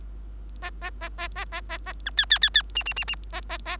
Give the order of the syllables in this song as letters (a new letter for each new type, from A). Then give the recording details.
A A A A A A A A B C C C C D D D D A A A. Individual Bird3